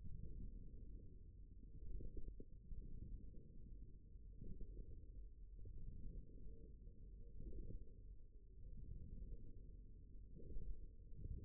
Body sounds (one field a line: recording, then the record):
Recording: forearm muscle sounds (acoustic myography)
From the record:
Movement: forearm supination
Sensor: system 1, eight BSWA MPA416 microphones around the upper forearm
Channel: 1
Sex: male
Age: 54 years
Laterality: right